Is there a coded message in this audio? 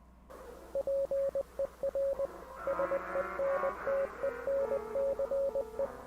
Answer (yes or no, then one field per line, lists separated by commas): yes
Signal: Morse code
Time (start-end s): 0.8-5.9 s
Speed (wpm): 20 wpm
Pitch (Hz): 550 Hz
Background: radio noise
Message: PER SENTENCE